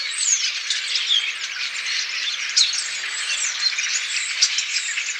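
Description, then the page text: Common starling flock producing a thick, continuous hiss of chattering and squeaky calls, a few brief whistles poking through the even wall of sound. Flock of common starlings giving calls and songs. "Common Starling Flock Calls and Songs. Quick Sounds"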